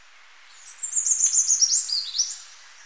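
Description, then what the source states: Choco Vireo song: a fast series of high, thin notes, then a few lower slurred notes, lasting about two seconds, over a quiet background. From a Birds of Ecuador collection.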